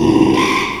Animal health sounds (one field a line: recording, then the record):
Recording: squeal of a Yucatan mini pig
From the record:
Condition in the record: after surgery on the right vocal fold (resection and tissue-engineered implant)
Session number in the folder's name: 1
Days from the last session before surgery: 6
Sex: male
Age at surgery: 12 weeks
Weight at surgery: 13 kg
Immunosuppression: cyclosporine, prednisolone